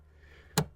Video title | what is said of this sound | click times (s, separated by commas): How To Replace Tail Lights On 2005-2011 Mercedes CLS C219 | it in till it clicks, and there it is. | 0.6 s